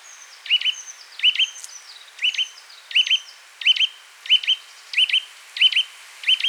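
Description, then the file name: Eurasian nuthatch repeating sharp call notes in a brisk series, with a thin, high descending whistle overlapping the opening notes. "Sitta europaea"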